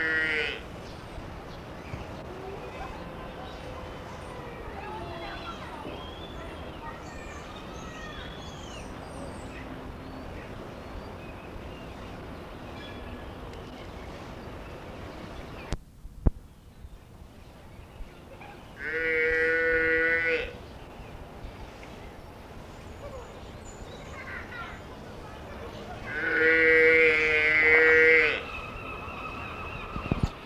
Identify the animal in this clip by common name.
Water Buffalo